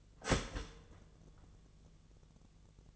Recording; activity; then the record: daily activity, microphone in the room; start toaster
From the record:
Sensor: 4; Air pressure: 1001.1 hPa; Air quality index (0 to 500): 166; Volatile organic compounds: 2 ppm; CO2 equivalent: 1206 ppm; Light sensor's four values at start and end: 18/40/17/17 and 18/42/18/18